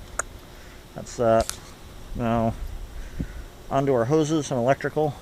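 The smaller of two push-on connectors or hose fittings is plugged onto its matching smaller port, giving a single sharp click at 0.2 s as it seats home. Someone then talks.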